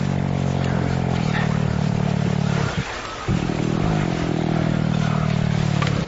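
Fallow deer, sedated and restrained after being trapped by their antlers, making dramatic snoring-like laryngeal groaning, caused by heavy stress, sedatives and the position they lay in. The sounds are not worrying; the same sound is made naturally during the rut to deter rivals.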